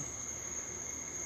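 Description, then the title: Cricket gives a continuous shrill trill at one high pitch, unchanging across the short stretch, over a soft low background hum. "Cricket Therapy"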